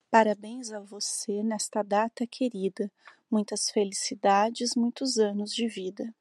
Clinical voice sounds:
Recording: short text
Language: Brazilian Portuguese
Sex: female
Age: 40 to 49 years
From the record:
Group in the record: control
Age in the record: 41 years

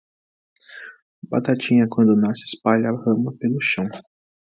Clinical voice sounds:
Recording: short text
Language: Brazilian Portuguese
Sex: male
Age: 20 to 29 years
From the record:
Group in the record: control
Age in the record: 21 years

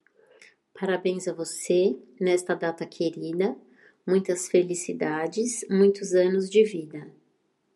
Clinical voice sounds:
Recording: short text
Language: Brazilian Portuguese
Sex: female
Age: 50 to 59 years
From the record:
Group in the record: control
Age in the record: 59 years

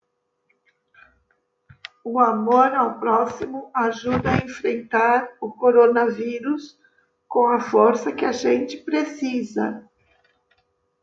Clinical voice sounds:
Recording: spoken sentence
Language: Brazilian Portuguese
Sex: female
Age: 60 to 69 years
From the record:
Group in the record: control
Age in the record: 62 years

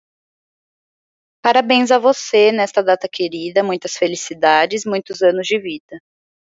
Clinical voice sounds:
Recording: short text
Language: Brazilian Portuguese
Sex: female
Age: 20 to 29 years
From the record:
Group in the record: control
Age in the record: 20 years

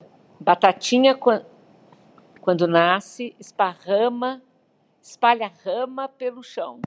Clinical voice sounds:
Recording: short text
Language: Brazilian Portuguese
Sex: female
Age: 60 to 69 years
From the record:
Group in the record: control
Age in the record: 68 years

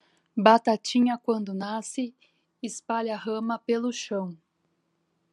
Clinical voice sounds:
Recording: short text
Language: Brazilian Portuguese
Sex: female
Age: 40 to 49 years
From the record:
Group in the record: control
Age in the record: 41 years

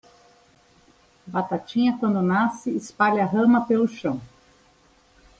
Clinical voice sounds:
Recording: short text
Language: Brazilian Portuguese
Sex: female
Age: 40 to 49 years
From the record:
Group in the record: control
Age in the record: 48 years

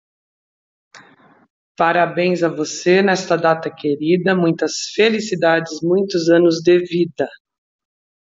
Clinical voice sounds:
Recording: short text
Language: Brazilian Portuguese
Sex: female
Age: 40 to 49 years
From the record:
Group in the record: control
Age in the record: 46 years

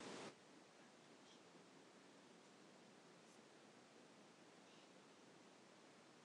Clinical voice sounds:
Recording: short text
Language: Brazilian Portuguese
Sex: female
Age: 40 to 49 years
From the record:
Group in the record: control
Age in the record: 41 years

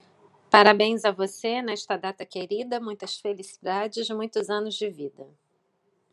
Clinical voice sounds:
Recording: short text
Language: Brazilian Portuguese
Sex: female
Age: 40 to 49 years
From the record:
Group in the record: control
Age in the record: 41 years

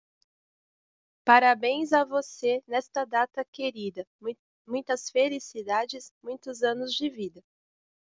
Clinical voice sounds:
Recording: short text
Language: Brazilian Portuguese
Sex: female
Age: 40 to 49 years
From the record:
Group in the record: control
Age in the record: 45 years

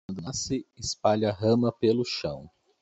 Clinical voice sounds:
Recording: short text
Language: Brazilian Portuguese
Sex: male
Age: 30 to 39 years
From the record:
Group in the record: control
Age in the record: 36 years

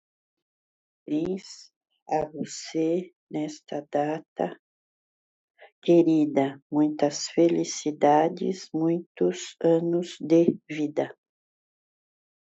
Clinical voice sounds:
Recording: short text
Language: Brazilian Portuguese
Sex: female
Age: 60 to 69 years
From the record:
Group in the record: control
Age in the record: 62 years

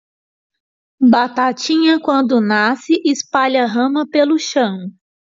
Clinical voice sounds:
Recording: short text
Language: Brazilian Portuguese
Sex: female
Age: 30 to 39 years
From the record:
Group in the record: control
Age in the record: 38 years

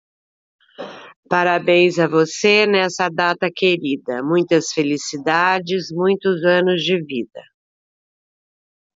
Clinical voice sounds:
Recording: short text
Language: Brazilian Portuguese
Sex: female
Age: 60 to 69 years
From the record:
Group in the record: control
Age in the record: 63 years

